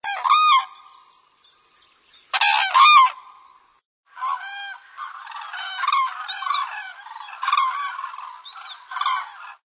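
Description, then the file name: Common crane giving loud trumpeting calls in two bursts, followed by a longer run of calls. "żuraw"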